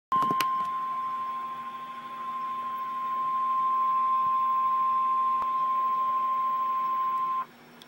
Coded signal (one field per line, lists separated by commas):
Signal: Emergency Alert System (SAME) tones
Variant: 1050 Hz attention tone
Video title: REAL EAS 833-Severe thunderstorm warning